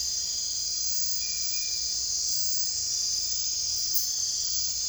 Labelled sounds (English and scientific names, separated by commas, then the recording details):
none
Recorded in dense forest near Puerto Asís, Putumayo, Colombia, on 22 June 2025 at 00:00
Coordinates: 0.468, -76.322
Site GP03